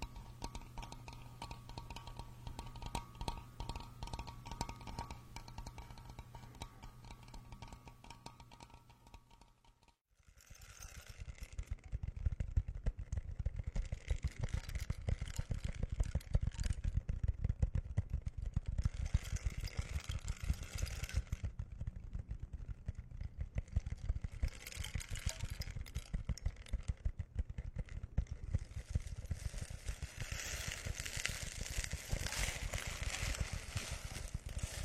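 A massage with wooden tools. For the first ten seconds there is a steady motor-like hum with a faint whine, then a brief pause. From about ten seconds on, dense rubbing and rolling sounds take over, louder and low, with brighter scraping swells returning every few seconds.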